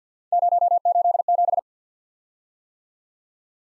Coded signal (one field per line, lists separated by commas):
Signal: Morse code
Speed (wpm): 52 wpm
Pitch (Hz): 700 Hz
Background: none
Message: 087